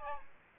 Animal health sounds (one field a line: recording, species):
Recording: mosquito wingbeat signal from an infrared sensor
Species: Aedes aegypti